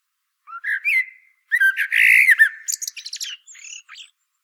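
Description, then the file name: Common blackbird singing a rich warbled phrase of fluty, slurred whistles, followed by a rapid scratchy, high-pitched chatter that trails off. "Turdus merula"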